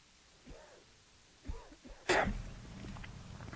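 Two or three soft throaty grunts, then one loud, harsh cough burst from an adult in a radio studio during a call-in show, a heavy cough likened to coughing up a lung.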